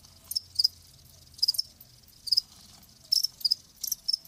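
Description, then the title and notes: Crickets giving short high chirps in small clusters of two or three, separated by quiet stretches. Live crickets chirping, a lulling song. "Live Crickets Chirping. Enjoy the lulling song of crickets. RainManCJ"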